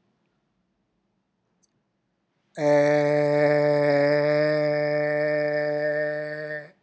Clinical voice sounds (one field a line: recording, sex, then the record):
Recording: sustained vowel /e/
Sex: male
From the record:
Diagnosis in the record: healthy control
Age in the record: 70 years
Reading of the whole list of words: 64 s, 3.8 characters per second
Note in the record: marked for poor recording quality or reading difficulty